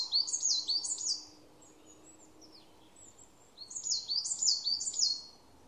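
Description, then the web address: Bird calls: two bursts of high, rapid notes, one at the start and one later, with a quiet stretch between. "cianscape birddata Deverinetal 2025"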